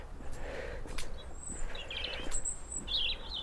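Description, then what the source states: European robin song: a few thin, high warbled phrases over a low outdoor rumble. Near a sunlit stream and wet lane beside a little church and whitewashed house.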